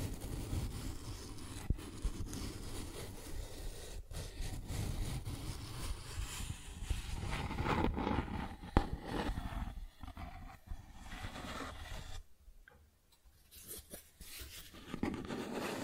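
Cardboard scratches and rubs in a steady rough rasp with scattered sharp clicks, dropping briefly near silent around twelve seconds before resuming.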